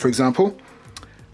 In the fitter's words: and I just press this lock button and look no more swiveling it is locked into place